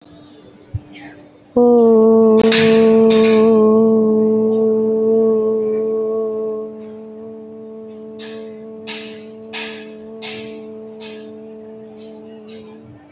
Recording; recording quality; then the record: sustained vowel as in boot; moderate, slight background noise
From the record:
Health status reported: healthy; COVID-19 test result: negative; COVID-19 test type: RT-PCR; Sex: female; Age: 19 years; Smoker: no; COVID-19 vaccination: both doses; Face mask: worn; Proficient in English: yes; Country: India